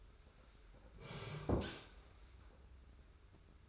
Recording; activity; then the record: daily activity, microphone in the room; sit down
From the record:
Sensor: 2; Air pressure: 991.5 hPa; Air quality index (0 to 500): 171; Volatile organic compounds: 1000 ppm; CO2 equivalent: 5528 ppm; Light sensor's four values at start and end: 25/80/31/30 and 28/87/34/32